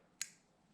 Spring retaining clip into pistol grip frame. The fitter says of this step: you're just going to push until you hear a small click right